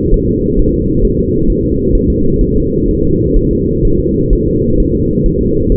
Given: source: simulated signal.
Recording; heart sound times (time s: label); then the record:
fetal heart sounds
0.14 s: S1
0.29 s: S2
0.59 s: S1
0.74 s: S2
1.05 s: S1
1.19 s: S2
1.50 s: S1
1.65 s: S2
1.95 s: S1
2.10 s: S2
2.41 s: S1
2.56 s: S2
2.88 s: S1
3.03 s: S2
3.37 s: S1
3.51 s: S2
3.85 s: S1
4.00 s: S2
4.33 s: S1
4.48 s: S2
4.80 s: S1
4.95 s: S2
5.26 s: S1
5.41 s: S2
5.72 s: S1
From the record:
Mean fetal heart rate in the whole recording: 130 bpm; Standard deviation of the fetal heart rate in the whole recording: 4 bpm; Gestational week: 38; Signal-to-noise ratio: -15.3 dB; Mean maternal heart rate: 72 bpm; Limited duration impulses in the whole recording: present